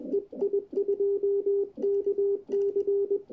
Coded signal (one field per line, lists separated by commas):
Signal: Morse code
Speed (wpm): 20 wpm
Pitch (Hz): 400 Hz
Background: radio noise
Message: EI2KC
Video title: Hacksaw Morse key QSO with Bert 9A2UN in Solin, Croatia